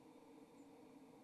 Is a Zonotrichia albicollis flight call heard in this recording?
no